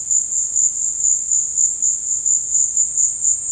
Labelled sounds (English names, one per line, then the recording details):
none
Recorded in dense forest near Puerto Asís, Putumayo, Colombia, on 18 February 2024 at 15:30
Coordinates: 0.472, -76.329
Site G6394